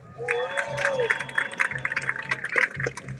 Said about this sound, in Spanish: Saludamos y los recibimos también con fuertes aplausos a nuestros hermanos de Guyana.